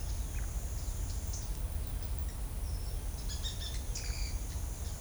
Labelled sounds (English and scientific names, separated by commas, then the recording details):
White-whiskered Spinetail (Synallaxis candei), Pale-eyed Pygmy Tyrant (Atalotriccus pilaris)
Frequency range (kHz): White-whiskered Spinetail (Synallaxis candei) 1.1-8.7 kHz; Pale-eyed Pygmy Tyrant (Atalotriccus pilaris) 0.8-9.3 kHz
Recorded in shrubland near Pivijay, Magdalena, Colombia, on 4 June 2023 at 14:30
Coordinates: 10.453, -74.365
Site P5-G022